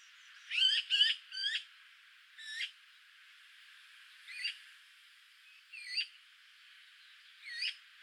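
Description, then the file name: Eurasian magpie harsh calls, a quick cluster of rasping notes at the start, then single grating calls every one to two seconds. "Pica pica"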